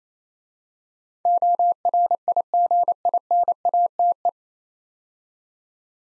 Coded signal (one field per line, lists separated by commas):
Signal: Morse code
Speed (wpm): 27 wpm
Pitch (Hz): 700 Hz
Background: none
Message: ORIGINATE